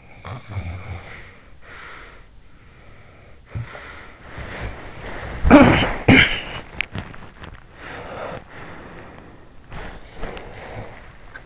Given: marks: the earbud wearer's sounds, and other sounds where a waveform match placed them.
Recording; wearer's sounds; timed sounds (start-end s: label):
sounds in sleep by an in-ear microphone; snoring breath, breath, body movement, cough or throat clearing or sniffle
0.00-1.64 s: snoring breath
1.64-4.21 s: breath
4.21-5.43 s: body movement
5.43-6.55 s: cough or throat clearing or sniffle
6.52-7.59 s: body movement
7.59-9.42 s: breath
9.82-11.46 s: breath